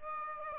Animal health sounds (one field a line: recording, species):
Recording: mosquito wingbeat signal from an infrared sensor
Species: Aedes aegypti